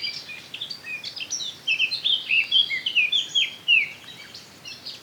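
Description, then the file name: Eurasian blackcap with a lively, rich warbling song of quick slurred whistles, loudest in the middle of the phrase, over light background noise. "Sylvia atricapilla"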